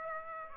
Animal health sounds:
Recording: mosquito wingbeat signal from an infrared sensor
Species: Aedes aegypti

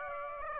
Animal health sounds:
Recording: mosquito wingbeat signal from an infrared sensor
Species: Aedes aegypti

